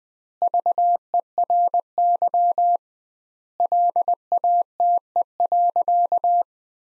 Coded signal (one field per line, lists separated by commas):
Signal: Morse code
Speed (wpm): 20 wpm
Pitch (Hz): 700 Hz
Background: none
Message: VERY LATE.